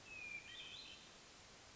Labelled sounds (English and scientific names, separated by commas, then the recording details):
Hermit Thrush (Catharus guttatus)
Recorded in Sonoma County, California